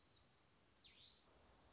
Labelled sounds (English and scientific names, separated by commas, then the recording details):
Black-throated Gray Warbler (Setophaga nigrescens)
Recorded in Sonoma County, California